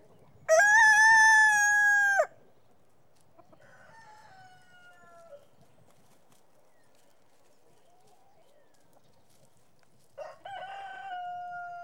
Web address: петух